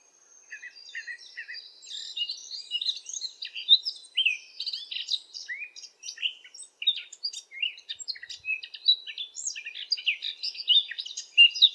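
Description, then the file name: Eurasian blackcap song: a long run of fast, varied chattering and warbled notes, quiet at first and growing louder. "zwartkop zang"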